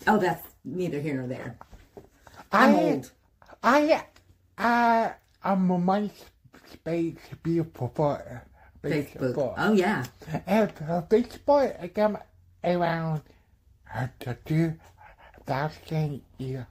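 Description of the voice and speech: A 39-year-old man with a speech disorder called aphasia speaks in short, effortful bursts separated by long pauses, with distorted, hard-to-follow word forms and repeated attempts at a single word. The aphasia makes him hard to understand at times and makes speaking difficult, though he is not mentally impaired.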